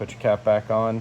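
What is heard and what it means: Someone talks while a cap is handled to go back onto a pulley hub, ahead of being tapped into place. Only voice is heard, with no distinct taps or clicks. Nothing has seated or clicked yet; the cap is not yet home.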